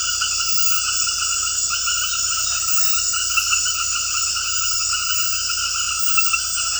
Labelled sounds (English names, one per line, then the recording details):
none
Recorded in dense forest near Puerto Asís, Putumayo, Colombia, on 18 February 2024 at 21:30
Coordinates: 0.487, -76.319
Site G6403